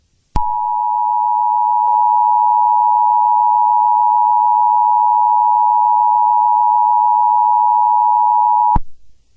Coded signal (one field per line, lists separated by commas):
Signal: Emergency Alert System (SAME) tones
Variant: 853 and 960 Hz attention tone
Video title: EAS- Wind Advisory but Tom gets interrupted